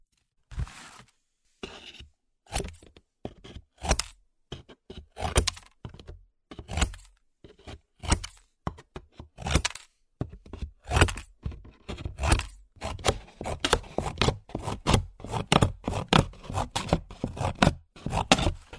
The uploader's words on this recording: 剪紙張｜Cutting Paper.